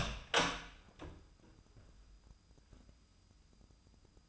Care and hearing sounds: daily activity, microphone in the room; open door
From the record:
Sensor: 2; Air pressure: 996.0 hPa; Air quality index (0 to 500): 30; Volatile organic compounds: 1 ppm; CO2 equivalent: 564 ppm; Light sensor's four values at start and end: 11/27/11/12 and 11/27/11/12

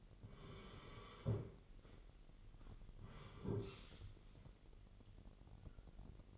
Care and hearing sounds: daily activity, microphone in the room; sit down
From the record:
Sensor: 4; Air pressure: 999.4 hPa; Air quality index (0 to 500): 104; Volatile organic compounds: 2 ppm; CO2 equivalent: 1023 ppm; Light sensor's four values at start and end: 11/26/10/12 and 11/26/10/12

